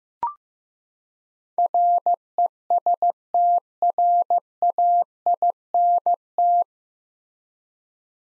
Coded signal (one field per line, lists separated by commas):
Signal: Morse code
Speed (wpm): 15 wpm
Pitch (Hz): 700 Hz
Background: none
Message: RESTRAINT